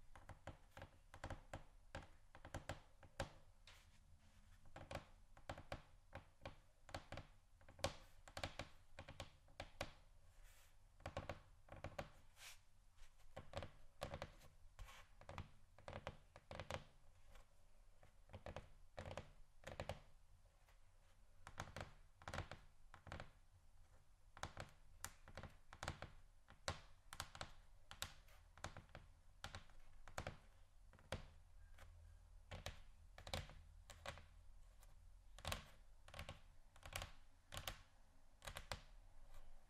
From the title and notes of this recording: ASMR Tap & Scratch On Table Surfaces （No Talking）.